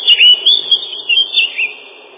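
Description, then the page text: Lesser whitethroat song, a brisk scratchy warble of clipped notes in rapid bursts that fades out toward the end; the sound is muffled, lacking bright high tones. "Славка-завирушка, или славка-мельничек — Sylvia curruca"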